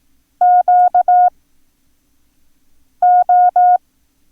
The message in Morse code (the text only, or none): QO